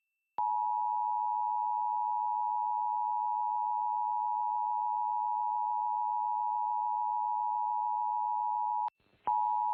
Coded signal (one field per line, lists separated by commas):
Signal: Emergency Alert System (SAME) tones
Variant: 853 and 960 Hz attention tone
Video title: Pennsylvania Required Monthly Tests (4/15/21)(EAS 667-673)